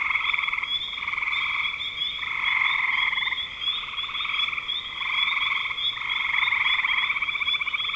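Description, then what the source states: Frogs calling in a dense chorus, overlapping pulsed trills in bursts of about a second, with a steady high whine throughout. Spring 2025.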